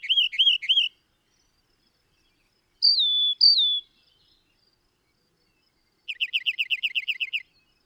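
Bird singing: three quick looping notes, then after a pause two clear descending whistles, then a rapid trill of about a dozen high repeated notes.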